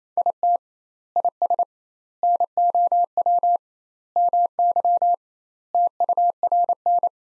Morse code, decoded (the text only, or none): IT IS NOW MY TURN